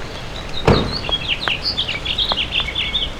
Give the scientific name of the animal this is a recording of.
Haemorhous mexicanus